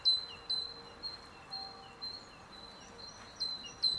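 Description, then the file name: Great tit producing fainter spaced two-note calls against steady background noise. "Parus major"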